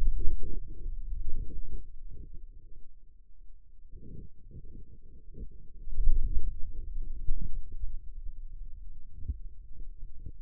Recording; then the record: forearm muscle sounds (acoustic myography)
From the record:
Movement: hand closing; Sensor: system 2, bracelet of six BSWA MPA416 microphones around the upper forearm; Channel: 6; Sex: male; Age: 22 years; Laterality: right